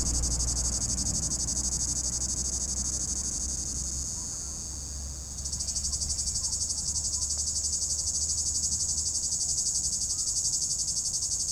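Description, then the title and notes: Cicada droning in rapid pulses around four per second, briefly softening midway before surging back to full strength, with low rumbling background noise. Cicada in an apple tree at the top of a hill near Chindrieux, France; 32° heat; road traffic nearby; recorded with a Zoom H4n Pro, preamp level 100. "3029 Rte d'Aix, Chindrieux, France - cigale. Cigale dans un pommier au sommet de la côte de groisin, il fait 32°"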